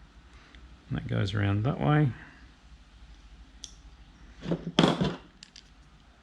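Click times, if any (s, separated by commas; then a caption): 4.8 s. Someone talks, then a small plastic locking wedge is pressed into a waterproof connector housing to hold the pins, a fiddly job with some doubt over whether it went in the right way round. Faint rustling and light taps lead up to a sharp click at 4.8 s as the wedge seats, followed by a few quieter ticks.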